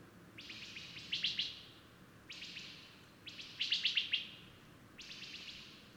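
Bird song of four short, rattling, chirpy phrases, each a quick series of sharp pulses that fade out, about one phrase every one to two seconds, over a low background hum.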